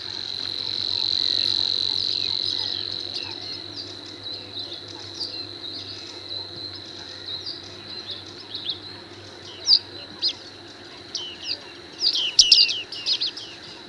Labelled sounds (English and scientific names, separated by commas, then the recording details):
Bearded Reedling (Panurus biarmicus) call
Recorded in the wild
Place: Schwerin, Großer Dambecker See, Mecklenburg-Vorpommern, DE
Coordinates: 53.781, 11.392
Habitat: lake
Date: 1975-05-10
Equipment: Nagra III BH, Sennheiser MD 21, parabola
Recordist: Schubert, Michael